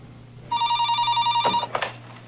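In a film scene, a telephone rings once as a mother calls a woman named Jane, a steady, bright electronic trill lasting about a second, followed by a short clatter as the ring cuts off, over a low background hum.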